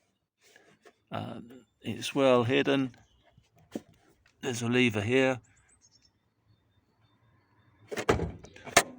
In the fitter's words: You heard the click. That's released to the first notch.